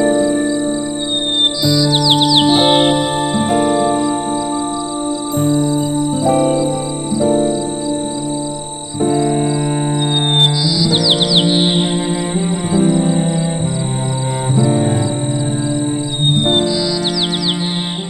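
Brief bursts of high, trilling bird chirps recur every several seconds over a steady background of sustained, melodic music.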